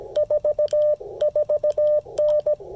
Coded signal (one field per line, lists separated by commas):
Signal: Morse code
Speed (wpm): 16 wpm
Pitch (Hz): 600 Hz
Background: none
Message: 44N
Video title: Reviewing the MFJ-1984LP EFHF with the Icom IC-705 during a Parks On The Air (POTA) activation